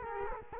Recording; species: mosquito wingbeat signal from an infrared sensor; Culex quinquefasciatus